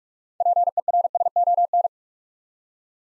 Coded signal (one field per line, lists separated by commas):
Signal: Morse code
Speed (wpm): 44 wpm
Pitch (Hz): 700 Hz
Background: none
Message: PERSON